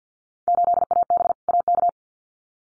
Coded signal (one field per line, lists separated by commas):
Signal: Morse code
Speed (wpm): 50 wpm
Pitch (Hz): 700 Hz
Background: none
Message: 8AB AK